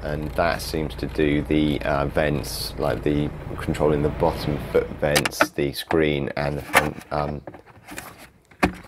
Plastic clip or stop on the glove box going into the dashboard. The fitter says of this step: that needs to be pushed back into place to make sure you do that as a cliff above it that just needs to push and click into place